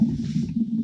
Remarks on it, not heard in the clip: I'm hungry already. I hope the mic don't pick my stomach growling up.